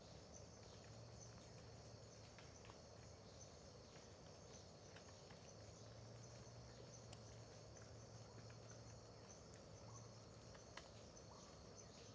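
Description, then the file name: Crickets trilling continuously at high pitch over a low hum that comes and goes, with sparse drip-like clicks. Dawn ambience in Terra Ronca park near the road, with dripping water also present; AB stereo recording. "Ambiencia parque terra ronca perto da estrada amanhecer com bacurau, gotejar, grilos"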